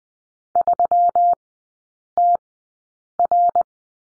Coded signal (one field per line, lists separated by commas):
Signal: Morse code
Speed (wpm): 20 wpm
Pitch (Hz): 700 Hz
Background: none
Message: 3TR